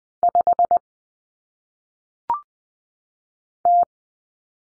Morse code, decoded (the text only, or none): 5 T